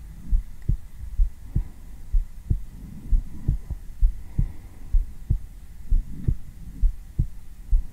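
Normal adult heartbeat recorded on bare skin with a 3Dio binaural microphone: steady, soft lub-dub heart sounds with low-frequency thumps and a faint background hum.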